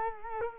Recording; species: mosquito wingbeat signal from an infrared sensor; Culex quinquefasciatus